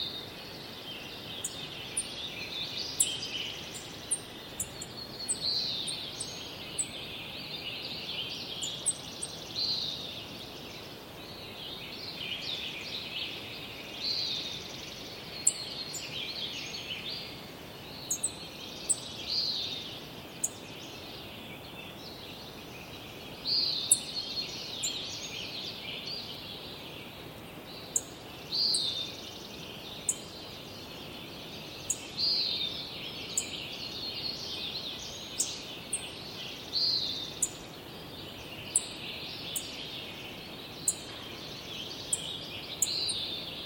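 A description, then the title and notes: A dawn chorus of small forest birds fills the whole stretch with a dense, unbroken layer of bright chirps and trills. Sharp, very high ticks pop out every few seconds over a low, steady outdoor hush. Yuba Pass dawn chorus. Listen deep into the forest in this unusually quiet place along California's Highway 49. This clip is a stereo (Lo/Ro) mixdown of a six channel immersive surround recording (4.2.0). The microphones are Sennheiser MKH-8000 series. The recording was amplified 28dB for this upload.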